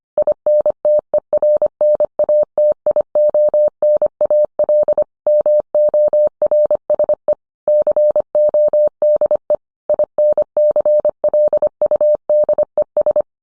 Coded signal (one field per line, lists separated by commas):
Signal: Morse code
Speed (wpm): 25 wpm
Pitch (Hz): 600 Hz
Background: none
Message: INTERNATIONAL MORSE CODE INCLUDES